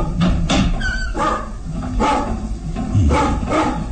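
A dog named Lucifer barks repeatedly in sharp, agitated bursts, about six barks spaced unevenly over a few seconds, loud and insistent like an alarm, warning of danger at an early hour, with no talking.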